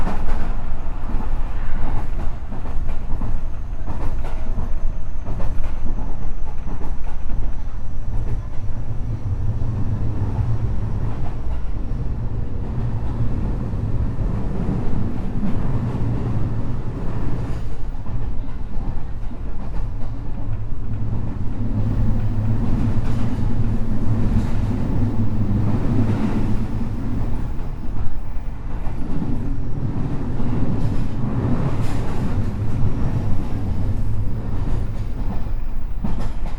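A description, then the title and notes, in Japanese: Recorded aboard an electric commuter train in motion, a steady low rumble and drone fill the clip with no pauses. A deep motor hum swells and fades in long stretches, light rattles and wheel clicks come through now and then, and a faint thin whine appears early on. JR西日本207系電車 学研都市線快速 京橋から木津まで。西日本旅客鉄道207系電車の走行音です。学研都市線の快速列車で録音しました。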